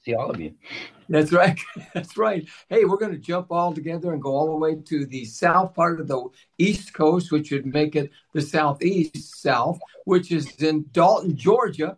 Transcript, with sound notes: Good to see all of you.
That's right. (laughs) That's right. Hey, we're gonna jump all together and go all the way to the south part of the East Coast, which would make it the southeast south, which is in Dalton, Georgia.